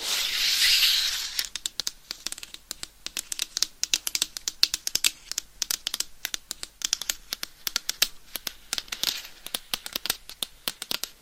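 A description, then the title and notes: Claws scratch and tap on a microphone. A bright, dense scratching burst fills the first second or so. Then comes a long run of sharp, irregular clicks and taps, several per second, with short scraping bits around the nine-second mark. ASMR Binaural Dummy Head Mic Scratching & Tapping with Claws 100% Tingles - ASMR No Talking.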